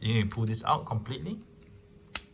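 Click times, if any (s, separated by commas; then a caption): 2.2 s. Someone talks while the metal and plastic wing section on the backpack wing of a Gundam Fix Figuration Metal Composite Deathscythe Hell [EW] action figure is pulled outward. At 2.2 s the wing extension joint gives a sharp click as it reaches its detent and seats in the extended position.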